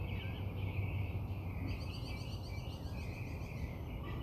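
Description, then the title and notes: Bird song: a quick series of high, evenly repeated notes in the middle, with a few other chirps, over constant low background rumble. Birds singing outside the narrator's house. "Bird Songs Part Two. More bird songs outside my house"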